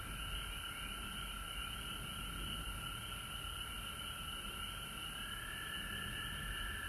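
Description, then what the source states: Frogs calling together, an unbroken shrill drone mixed with quick pulsing trills, steady rumbling noise underneath. Recorded at home in Georgia on March 19, 2020.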